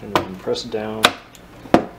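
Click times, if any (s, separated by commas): 1.7 s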